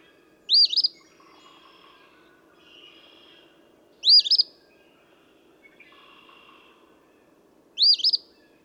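Eastern phoebe repeating its scratchy two-part song three times, spaced three to four seconds apart, with faint trills from other birds in the background.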